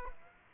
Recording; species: mosquito wingbeat signal from an infrared sensor; Aedes aegypti